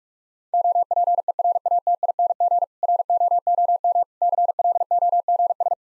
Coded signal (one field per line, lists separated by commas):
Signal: Morse code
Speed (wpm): 45 wpm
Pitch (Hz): 700 Hz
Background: none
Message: OPERATING ROOM CLOGS